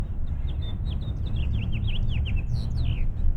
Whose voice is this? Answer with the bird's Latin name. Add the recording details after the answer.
Haemorhous mexicanus. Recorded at North Valley Stream on Long Island, New York, on 17 June 1975. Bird E